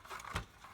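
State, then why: Seated. A plastic wire strain-relief seal piece is slid back into the housing of an LED light fixture for a JBJ 24/28 gallon quad-to-LED upgrade from ProLEDSupply. Soft sliding and scraping is followed by a sharp snap at 0.4 s as the piece seats home, sealing the wires in.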